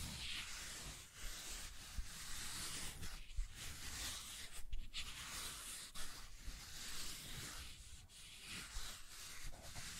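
Scratching and tracing sounds, a dense, gritty rubbing like sandpaper drawn across a surface. The strokes run almost without pause, with brief dips in loudness near one, three, five and eight seconds where the motion seems to change direction.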